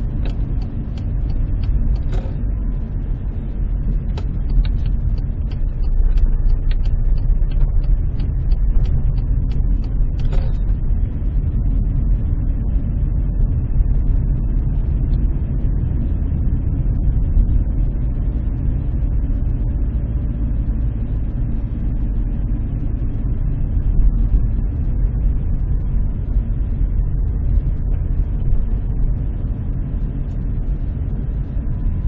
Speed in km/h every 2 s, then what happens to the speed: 23, 19, 13, 17, 21, 25, 27, 27, 27, 27, 26, 24, 22, 21, 20, 22.
0-3 slows to 13. 3-12 speeds up to 27. 12-32 steady at about 24.